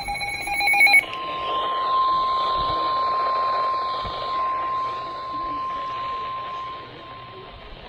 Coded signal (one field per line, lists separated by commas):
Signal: Emergency Alert System (SAME) tones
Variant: 1050 Hz attention tone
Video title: Special Marine Warning on KEC86 (EAS Alert: #26) - 4/05/19